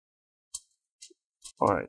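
The plastic bottom cover of an Asus Q551L laptop is pulled up hard so the small plastic retaining clips along its edge let go of the top case, since the clips have to be pulled hard to release. Two sharp snaps are heard at 0.6 s and 1.0 s as the clips pop loose, and then someone talks.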